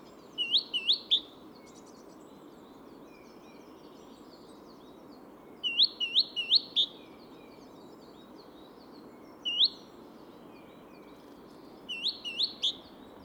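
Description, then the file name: Great tit calls: clusters of two to four sharp, rising notes, repeated every few seconds, with faint high chips of other birds and steady low background noise. "Parus major"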